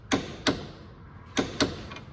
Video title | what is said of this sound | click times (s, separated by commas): S197 Anti-Squat/Lower Control Arm Relocation Kit Install | we're just going to go till it clicks 129 | 1.6 s